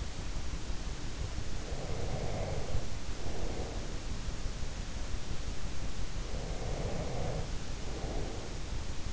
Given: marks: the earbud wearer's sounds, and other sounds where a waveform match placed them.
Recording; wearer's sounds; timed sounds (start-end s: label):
sounds in sleep by an in-ear microphone; breath
1.71-4.19 s: breath
6.10-9.13 s: breath